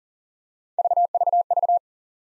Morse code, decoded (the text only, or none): none